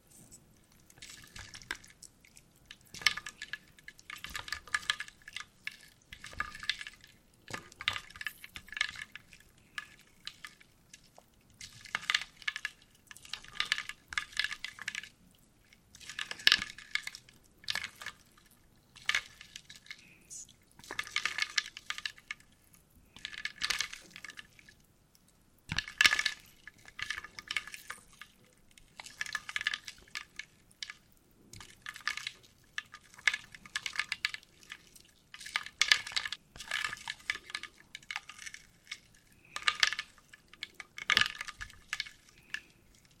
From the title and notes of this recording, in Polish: Drewniana zupa IDEALNE NA SEN ASMR po polsku!